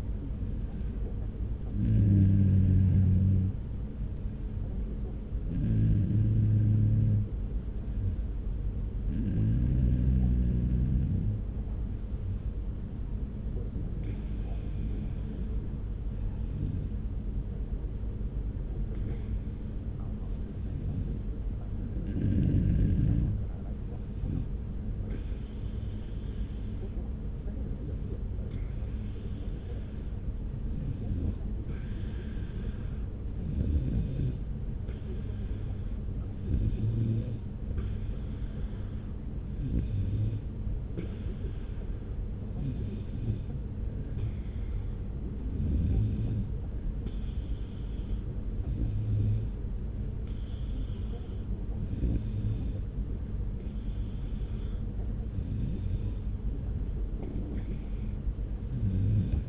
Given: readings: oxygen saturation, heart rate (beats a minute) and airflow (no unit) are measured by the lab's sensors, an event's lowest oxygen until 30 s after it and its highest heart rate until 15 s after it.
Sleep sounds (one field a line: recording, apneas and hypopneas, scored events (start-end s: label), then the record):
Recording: breathing in sleep by a smartphone at the bedside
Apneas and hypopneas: 1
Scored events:
16.00-36.70 s: hypopnea (N1, oxygen 96% highest, then 93% lowest)
20.00-50.00 s: new sleep stage, N2 (light sleep)
50.00-59.49 s: new sleep stage, awake
From the record:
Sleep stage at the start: N1 (lightest sleep)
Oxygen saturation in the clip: 93 to 96%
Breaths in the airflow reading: 17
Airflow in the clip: -1.3 to 1.2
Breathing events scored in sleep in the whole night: 335 in 6.7 hours asleep